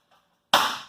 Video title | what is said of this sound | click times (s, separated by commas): Setting up the TouchWriter | So it's kind of can feel it snap into place, and you | 0.5 s